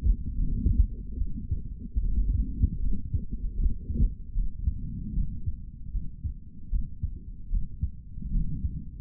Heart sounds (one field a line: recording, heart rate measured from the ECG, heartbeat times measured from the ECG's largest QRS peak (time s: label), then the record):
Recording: heart sounds by stethoscope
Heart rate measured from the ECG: 75 bpm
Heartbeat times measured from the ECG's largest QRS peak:
0.35 s: heartbeat
1.17 s: heartbeat
2.00 s: heartbeat
2.80 s: heartbeat
3.56 s: heartbeat
4.34 s: heartbeat
5.14 s: heartbeat
5.92 s: heartbeat
6.70 s: heartbeat
7.49 s: heartbeat
8.31 s: heartbeat
From the record:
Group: healthy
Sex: male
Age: 55 years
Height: 167 cm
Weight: 57.2 kg